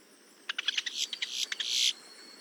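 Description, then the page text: Boat-tailed grackle chatter: a dense burst of harsh, scratchy high notes running together for about a second and a half, ending in a louder rasping stretch. "Лодкохвостый гракл (Quiscalus major)"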